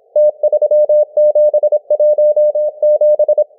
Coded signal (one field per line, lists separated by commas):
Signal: Morse code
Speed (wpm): 26 wpm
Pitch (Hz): 600 Hz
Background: none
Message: T3717